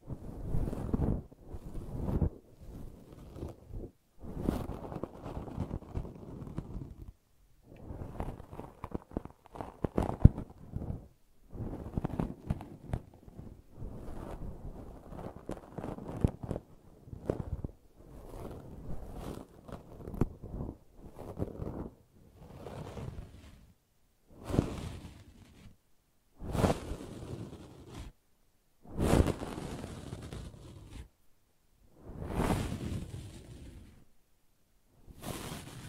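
Brushing and scratching in a steady series of short strokes, each a soft rough swish with a low thudding body, separated by brief silences. The first twenty seconds are dense and busy; after that the strokes come more spaced, sharper and brighter, roughly every two to three seconds.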